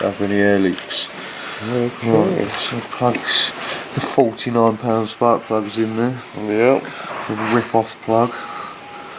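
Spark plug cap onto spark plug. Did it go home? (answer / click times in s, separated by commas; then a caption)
no / none. Someone talks while a rubber spark plug cap is handled on the spark plug of a Honda CRF 250 engine, ready to be pushed on until it clicks. The clip ends before the cap goes home, so nothing has seated or clicked yet.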